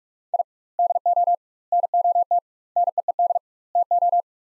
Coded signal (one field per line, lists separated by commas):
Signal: Morse code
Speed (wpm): 42 wpm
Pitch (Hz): 700 Hz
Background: none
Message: I DO NOT NEED TO